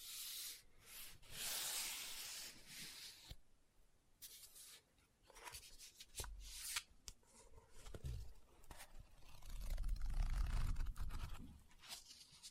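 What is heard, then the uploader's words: A book being scratched and tapped, with rough hissing scratches crowding the first three seconds. Sharp, irregular taps and short rubbing strokes follow, then a louder, low, rumbling handling sound swells from about eight to eleven seconds before easing off. Book Tapping, Scratching, Page Turning.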